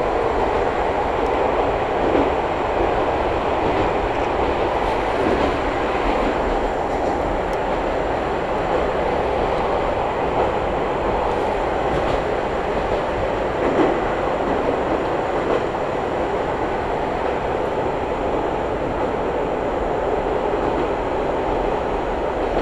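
A ride on the Izuhakone Railway Daiyuzan Line, heading from Odawara to Daiyuzan. The train's running noise holds steady throughout, a dense rumble with a strong mid-range roar. Faint clicks and rattles recur irregularly, near 2, 6 and 14 seconds.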